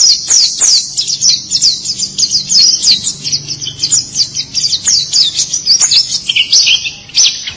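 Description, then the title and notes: White-eye singing a quick chain of sharp, high, slurred chirps, clear and bright, with short gaps and one lower dipping phrase near the end. "Suara kicauan burung pleci"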